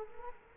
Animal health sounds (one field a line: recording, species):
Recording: mosquito wingbeat signal from an infrared sensor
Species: Culex quinquefasciatus